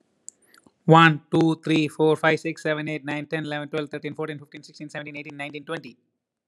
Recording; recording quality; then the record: counting at a fast pace; excellent, no background noise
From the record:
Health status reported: healthy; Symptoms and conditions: none ticked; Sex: male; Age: 38 years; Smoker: not ticked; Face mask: not worn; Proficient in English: yes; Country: India